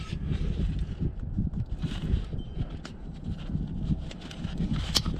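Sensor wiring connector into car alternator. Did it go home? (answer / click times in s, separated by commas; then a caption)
yes / 5.0 s. After the alternator's three bottom bolts are snugged up with a Milwaukee ratchet, a plastic sensor connector is pushed into the car alternator until it snaps into place. Over a steady low rumble and a few small taps, a loud sharp click at 5.0 s marks the connector seating.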